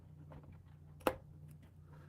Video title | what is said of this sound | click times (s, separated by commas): LIVE Tour on BIG Feathers Farm: Cats, Rats, and Chickens. But First Something Else! | so it just clicks right in like that | 1.1 s